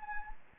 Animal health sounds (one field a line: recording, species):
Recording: mosquito wingbeat signal from an infrared sensor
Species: Anopheles gambiae